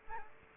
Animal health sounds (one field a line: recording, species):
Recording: mosquito wingbeat signal from an infrared sensor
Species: Aedes aegypti